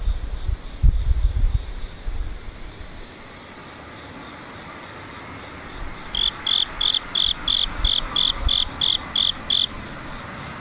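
Insects sing throughout: a faint, steady high whine of dashed chirps runs the whole time, and from about six seconds a louder, bright pulsing call joins in, about ten regular bursts. Low rumbling thumps sound early on, near the first second.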